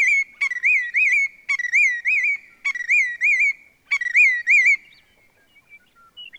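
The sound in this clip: Willet giving ringing, rolling whistled phrases, each opening with a sharp click-like note, repeated several times before fading to quiet.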